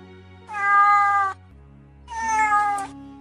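A cat lying on Hà Ninh's lap meows twice, each call drawn out and high-pitched with a steady, slightly nasal tone, separated by a short pause, with no talking.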